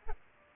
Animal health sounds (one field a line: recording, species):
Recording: mosquito wingbeat signal from an infrared sensor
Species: Aedes aegypti